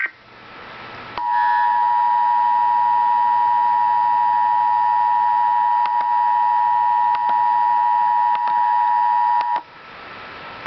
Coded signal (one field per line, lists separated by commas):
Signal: Emergency Alert System (SAME) tones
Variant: 853 and 960 Hz attention tone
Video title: Real EAS #56 - Severe Thunderstorm Warning